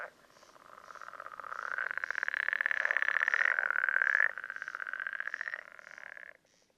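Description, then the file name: Pool frog call building from quiet to a loud, fast rattling trill, lasting about six seconds before stopping. "life dviete. pelophylax lessonae"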